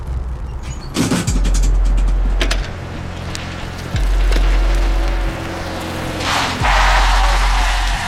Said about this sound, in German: Zwei Männer steigen aus dem mattroten Auto.